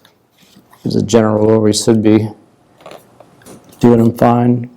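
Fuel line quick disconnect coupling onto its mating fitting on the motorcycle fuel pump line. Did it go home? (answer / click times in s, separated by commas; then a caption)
no / none. A fuel line quick disconnect coupling is handled next to its mating fitting on the fuel pump line of a KTM or Husky motorcycle, during an upgrade of the quick disconnect. Someone talks, and between 2.8 and 3.4 seconds there are a few faint, short handling taps. Nothing has seated or clicked yet.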